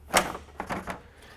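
On a 2018–2020 F-150 with factory halogen headlights, the side of the plastic front grille is wiggled back and pulled away from the headlight until its upper retaining clip, in the headlight/radiator support, unclicks at 0.2 s with a sharp, bright plastic snap. Two quieter knocks follow at 0.6 s and 0.9 s as the grille is worked further, and the clip is released.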